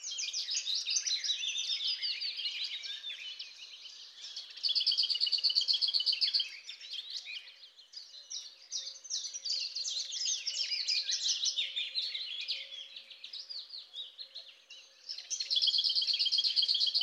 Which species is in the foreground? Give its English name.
Lesser Whitethroat